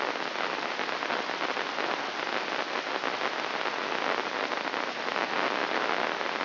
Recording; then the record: brain microelectrode recording played as sound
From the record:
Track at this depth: outside the subthalamic nucleus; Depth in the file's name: 0.913 mm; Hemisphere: left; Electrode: 3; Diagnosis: Parkinson's disease